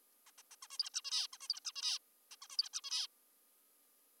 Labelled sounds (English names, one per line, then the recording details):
Zebra Finch
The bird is an adult
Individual g19o3U